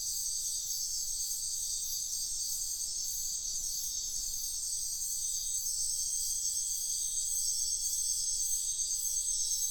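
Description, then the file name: Crickets calling in a thick, high-pitched chorus, steady and continuous with a faint rhythmic beat, over quiet low background noise. Crickets calling at night in a wetland in Sian Ka'an Biosphere Reserve. "felix blume nature ambience wetland night frogs crickets insects sian kaan biosphere reserve"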